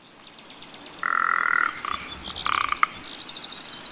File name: Lagopus mutus